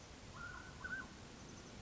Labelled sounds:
Mountain Quail (Oreortyx pictus)
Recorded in Sonoma County, California

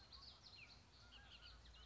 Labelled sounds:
Bullock's Oriole (Icterus bullockii)
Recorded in Sonoma County, California

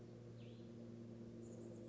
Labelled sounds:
Chestnut-backed Chickadee (Poecile rufescens)
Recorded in Sonoma County, California

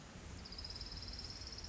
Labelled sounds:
Orange-crowned Warbler (Leiothlypis celata)
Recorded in Sonoma County, California

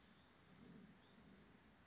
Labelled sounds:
Chestnut-backed Chickadee (Poecile rufescens)
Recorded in Sonoma County, California

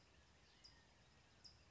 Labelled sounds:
California Towhee (Melozone crissalis)
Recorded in Sonoma County, California

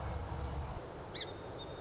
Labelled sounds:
Song Sparrow (Melospiza melodia)
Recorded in Sonoma County, California

